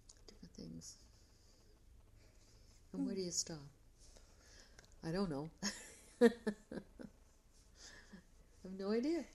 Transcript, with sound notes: Different things. Where do you stop? I don't know. [laugh] I have no idea.